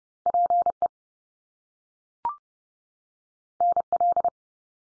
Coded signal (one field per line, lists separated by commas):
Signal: Morse code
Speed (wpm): 32 wpm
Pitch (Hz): 700 Hz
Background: none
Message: PE NL